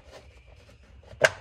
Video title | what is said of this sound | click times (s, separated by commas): Can-am X3 BIG battery UPGRADE | there it goes. You heard it clicked right in the little hole there. | 1.3 s